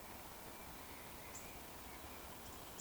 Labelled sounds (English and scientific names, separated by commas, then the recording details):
Eurasian Woodcock (Scolopax rusticola) whistle
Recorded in Baden-Württemberg, Germany, on 11 June 2020 at 19:15 UTC
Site 14569, 102 m above sea level